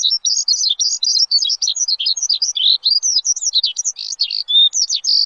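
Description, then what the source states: Bird song, rapid high-pitched warbling with trilled and chattering notes running continuously. Bird chirping used to train pet birds.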